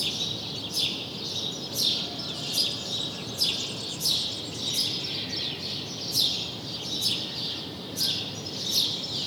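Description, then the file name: House sparrow calling with loud sharp chirps, repeated at irregular intervals, against steady background noise. "Passer domesticus"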